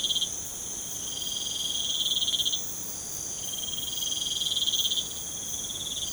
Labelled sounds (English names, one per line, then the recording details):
none
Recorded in pastures near Puerto Asís, Putumayo, Colombia, on 12 March 2025 at 04:30
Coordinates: 0.505, -76.324
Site GP08